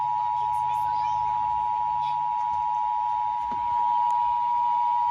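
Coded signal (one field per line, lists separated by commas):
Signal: Emergency Alert System (SAME) tones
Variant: 853 and 960 Hz attention tone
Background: speech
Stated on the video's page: Tornado drill tests.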